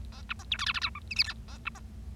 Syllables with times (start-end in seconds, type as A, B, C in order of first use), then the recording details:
0.12-0.21 A, 0.29-0.33 B, 0.39-0.43 C, 0.51-0.57 D, 0.59-0.65 E, 0.66-0.72 F, 0.74-0.79 F, 0.81-0.89 G, 0.95-0.99 H, 1.10-1.14 I, 1.16-1.23 J, 1.24-1.33 K, 1.48-1.57 A, 1.65-1.69 B, 1.75-1.79 C. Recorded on 25 March 2012 at 11:29. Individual gy6or6